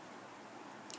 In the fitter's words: and so it clicks in place when you close your uh bit shelf